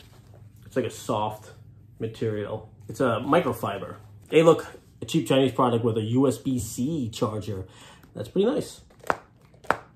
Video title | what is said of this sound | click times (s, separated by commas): Bluetooth Eyeball Massager | doesn't click into place so | none